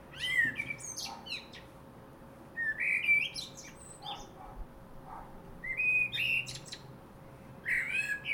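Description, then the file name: Common blackbird song: several phrases, each a fluted warble with high squeaky twittering, over a faint steady hum. "Turdus merula"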